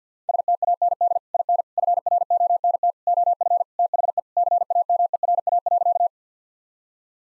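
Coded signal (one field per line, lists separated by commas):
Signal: Morse code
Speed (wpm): 50 wpm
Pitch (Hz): 700 Hz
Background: none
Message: STAND IN FRONT OF THE CAMERA.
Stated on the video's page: Morse practice sets at 50 wpm: sentences with common three-word phrases, each sent, then spoken, then sent again for head-copy.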